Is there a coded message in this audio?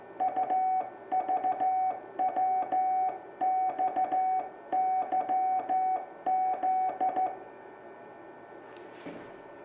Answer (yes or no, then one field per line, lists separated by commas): yes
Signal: Morse code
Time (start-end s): 0.2-7.3 s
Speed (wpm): 14 wpm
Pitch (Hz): 750 Hz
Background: music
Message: UVWXYZ